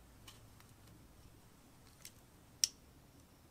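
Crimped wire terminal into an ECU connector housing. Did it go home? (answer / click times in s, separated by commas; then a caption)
yes / 2.6 s. A crimped pin on a yellow wire is pushed into cavity 52 of a plastic ECU connector housing. A few faint ticks come before a sharp, bright click at 2.6 s as the terminal seats in the cavity.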